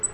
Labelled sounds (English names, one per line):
Black-throated Green Warbler flight call